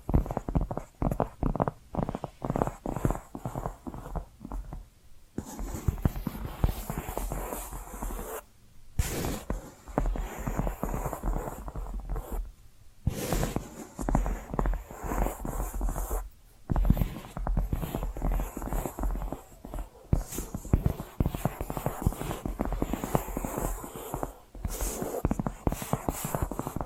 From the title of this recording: Hypnotic Tapping & Scratching Sounds